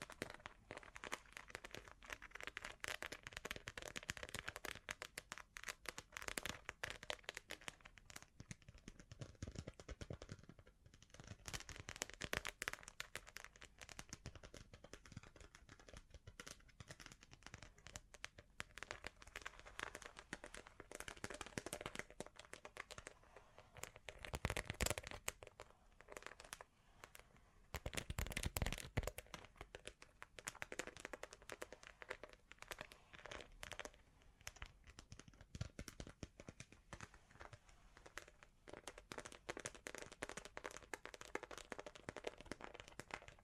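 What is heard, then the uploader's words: Bling bling triggers: a dense run of crisp clicks, taps and crinkly rustles that fills the whole clip. The sounds come in irregular clusters with brief quieter gaps, and two louder bursts stand out around 25 and 28 seconds. Bling Bling Triggers.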